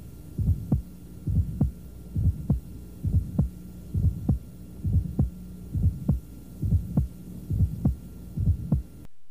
The ejection sound of a dysmorphic aortic valve is a high-frequency sound heard closely approximated to S1.